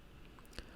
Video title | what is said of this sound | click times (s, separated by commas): Galaxy S5 Screen Repair, Charging Port Fix, Complete Teardown | position it directly above and then you'll feel feel it snap into place | 0.6 s